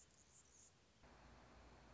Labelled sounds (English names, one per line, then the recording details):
Anna's Hummingbird
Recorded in Sonoma County, California